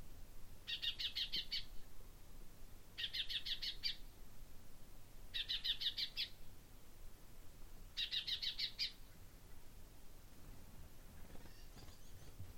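Common chaffinch calls as four bursts of fast, high, clipped notes, each about a second long, repeated at even intervals over steady background hiss.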